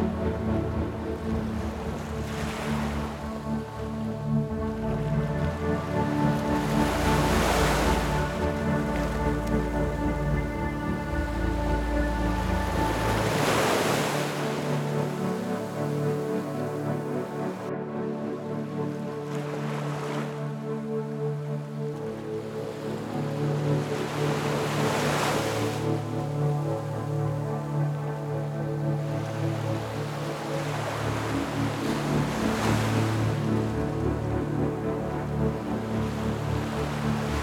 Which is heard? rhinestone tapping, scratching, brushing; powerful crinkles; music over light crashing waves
music over light crashing waves